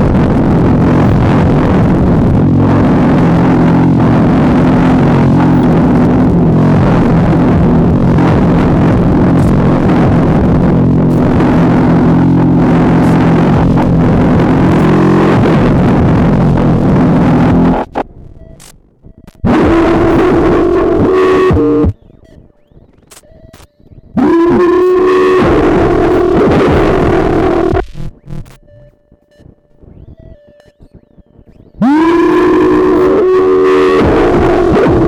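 A noise-disrupted oscillator is filtered: a dense, gritty drone with wavering bands holds steadily for about eighteen seconds, then cuts off. After that it returns in short bursts with sliding pitches, separated by near-silent gaps where only a faint thin tone lingers.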